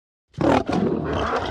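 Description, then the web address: Lion roaring: a harsh snarling roar bursts out suddenly after a brief silence, breaks for a moment, then continues as a rough, sustained growl. Two lions being aggressive towards each other. "sonido de dos leones que se muestran agresivos entre si"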